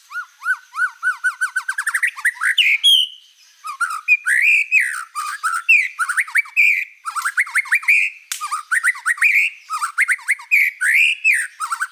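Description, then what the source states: White-rumped shama singing a long, varied phrase: rapid accelerating chirps, a sweet whistle, then tumbling whistled and scratchy notes in close succession. Song used as a lure for trapping or training.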